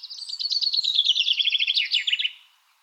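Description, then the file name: Common chaffinch song, one complete strophe of fast repeated notes dropping in pitch through several phrases and closing with a brief flourish. "Fringilla coelebs"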